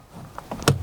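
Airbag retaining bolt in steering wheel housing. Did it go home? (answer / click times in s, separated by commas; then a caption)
released / 0.7 s. A metal Torx bolt holding the steering-wheel airbag in a Citroen Saxo / Peugeot 106 is unwound and stays captive in the wheel housing, ahead of fitting an OMP race steering wheel. A few faint ticks lead up to a sharp, loud click at 0.7 s as the bolt reaches the end of its travel. The bolt is released at its full extent.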